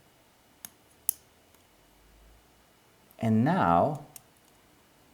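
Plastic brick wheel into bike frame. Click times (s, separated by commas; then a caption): 1.1 s. A plastic building-brick wheel assembly is pushed into a toy bike frame, giving a faint click at 0.6 s and a sharp click at 1.1 s, followed by softer taps. Someone then talks briefly. The wheel clicks in but is only partly locked, with a little play and not entirely secure.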